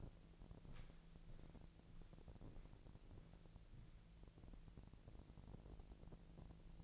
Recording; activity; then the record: daily activity, microphone in the room; walk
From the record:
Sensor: 5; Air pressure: 1002.2 hPa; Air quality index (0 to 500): 237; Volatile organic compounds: 25 ppm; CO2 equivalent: 2846 ppm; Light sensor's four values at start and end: 31/74/31/33 and 31/74/31/33